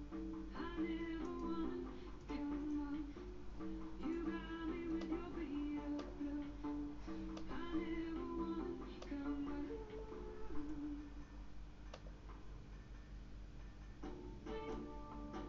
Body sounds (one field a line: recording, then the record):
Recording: background sound without coughing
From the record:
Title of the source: BackgroundMusic3